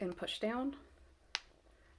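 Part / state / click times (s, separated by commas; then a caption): plastic safety eye washer onto eye post through crocheted amigurumi / seated / 1.4 s. A plastic safety eye's backing washer is pushed down onto its eye post through the crocheted fabric of an amigurumi. Someone talks first, then a single sharp click at 1.4 s shows the washer snapping into place, seated.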